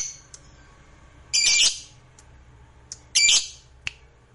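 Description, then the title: Lovebird uttering two loud rasping squawks about two seconds apart, with brief high chirps between. Fighter lovebird singing energetically (gacor). "Berkat SUARA Lovebird FIGHTER GACOR Ini"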